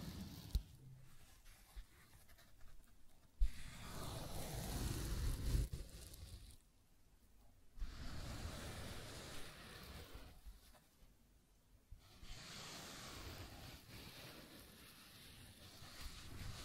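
Scratching and tracing sounds come in long rough strokes, each lasting about three seconds, separated by short quiet pauses. The scraping is dense and hissy, reaching high up, with a low rumble underneath. A few faint taps and clicks come before the first stroke.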